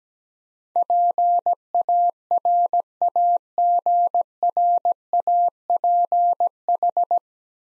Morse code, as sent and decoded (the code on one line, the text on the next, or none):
.--. .- .-. .- --. .-. .- .--. ....
PARAGRAPH